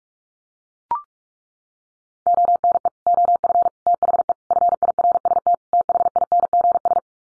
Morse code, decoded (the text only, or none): ONE OF THE FIRST THINGS